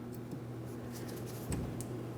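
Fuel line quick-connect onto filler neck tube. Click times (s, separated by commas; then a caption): 1.5 s, 1.8 s. A fuel line quick-connect is pushed up onto the filler neck tube of a 2008-2016 Chrysler Town & Country 3.8L V6. Sharp clicks sound at 1.5 s and 1.8 s over a low steady hum. The connector is seated, and a tug test confirms it is secured.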